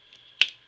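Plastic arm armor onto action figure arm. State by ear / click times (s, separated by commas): seated / 0.4 s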